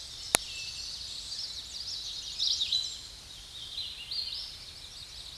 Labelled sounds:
Hooded Warbler (Setophaga citrina) song
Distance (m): 40 m
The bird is about 5 m above the microphone
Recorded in a Pennsylvania forest on 16 May 2024 at 07:22
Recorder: AudioMoth, point MSD-0661
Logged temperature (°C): 15.8 °C
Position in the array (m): 27 m, 140 m

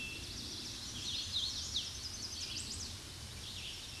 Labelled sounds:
Hooded Warbler (Setophaga citrina) song
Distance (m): 45 m
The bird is about 15 m above the microphone
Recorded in a Pennsylvania forest on 16 May 2024 at 06:47
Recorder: AudioMoth, point MSD-2095
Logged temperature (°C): 16.3 °C
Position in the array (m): 151 m, 108 m

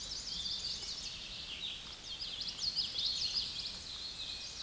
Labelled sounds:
Common Yellowthroat (Geothlypis trichas) song
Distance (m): 25 m
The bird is about 5 m above the microphone
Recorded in a Pennsylvania forest on 16 May 2024 at 09:48
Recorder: AudioMoth, point MSD-2417
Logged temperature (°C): 16.4 °C
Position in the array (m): 90 m, 99 m

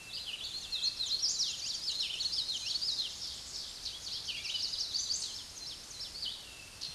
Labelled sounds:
Common Yellowthroat (Geothlypis trichas) song
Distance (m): 10 m
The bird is about 5 m above the microphone
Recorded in a Pennsylvania forest on 16 May 2024 at 06:29
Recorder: AudioMoth, point MSD-2208
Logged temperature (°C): 15.2 °C
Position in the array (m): 156 m, 85 m

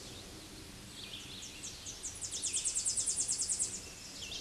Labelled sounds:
Tennessee Warbler (Leiothlypis peregrina) song
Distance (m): 10 m
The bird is about 5 m above the microphone
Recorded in a Pennsylvania forest on 16 May 2024 at 08:15
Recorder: AudioMoth, point MSD-2039
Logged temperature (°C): 15.0 °C
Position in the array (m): 69 m, 94 m

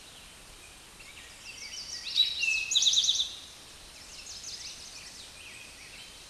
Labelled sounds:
Eastern Towhee (Pipilo erythrophthalmus) song
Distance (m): 10 m
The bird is about 10 m above the microphone
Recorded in a Pennsylvania forest on 16 May 2024 at 09:30
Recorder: AudioMoth, point MSD-2058
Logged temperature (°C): 11.8 °C
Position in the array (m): 69 m, 14 m

